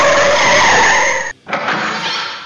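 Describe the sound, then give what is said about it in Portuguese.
Car brakes screech and tires skid in a loud, harsh, high-pitched squeal that holds steady, cuts out for a split second, then resumes with no voices present. “puxa o freio.”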